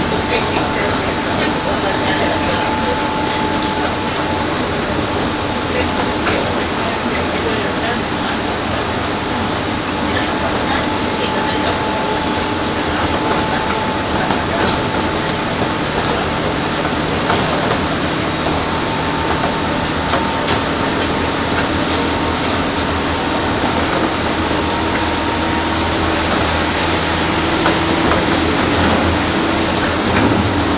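A train running between Tokyo and Takao gives a steady, dense rumble with a low hum underneath and a faint whining tone that holds level throughout. Small clicks and knocks from the track recur irregularly, and faint voices may sit beneath the noise.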